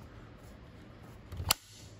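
The passenger-side swing bolt on a Yakima Baseline roof rack tower with HD bars is tightened with its torque limiter, aiming for three limiter clicks. Over a quiet background, a soft low thump at about 1.3 s leads into one sharp, bright click at 1.5 s. The limiter click confirms the bolt has reached torque.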